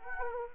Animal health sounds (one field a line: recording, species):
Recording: mosquito wingbeat signal from an infrared sensor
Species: Anopheles arabiensis